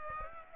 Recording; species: mosquito wingbeat signal from an infrared sensor; Aedes aegypti